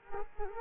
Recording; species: mosquito wingbeat signal from an infrared sensor; Culex quinquefasciatus